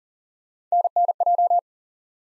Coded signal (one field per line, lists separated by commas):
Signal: Morse code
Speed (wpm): 42 wpm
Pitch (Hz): 700 Hz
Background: none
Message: NNJ